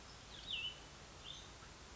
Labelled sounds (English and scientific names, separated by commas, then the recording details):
Cassin's Vireo (Vireo cassinii)
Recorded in Sonoma County, California